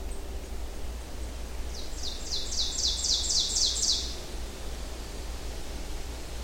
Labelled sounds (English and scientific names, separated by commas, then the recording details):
Ovenbird (Seiurus aurocapilla) song
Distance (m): 15 m
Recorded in boreal forest in Alberta, Canada, on 25 June 2016 at 07:54
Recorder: SongMeter 3, array SBT-6-76
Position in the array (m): 155 m, 101 m
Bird 3